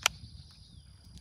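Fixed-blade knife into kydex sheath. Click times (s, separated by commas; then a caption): 0.1 s. A fixed-blade Terra Knives Forester knife is pushed into its kydex sheath and snaps into the retention with one sharp, bright click at 0.1 s, and it stays seated with no rattle. After the click there is only faint background hiss, a steady high tone and a couple of soft ticks near the end.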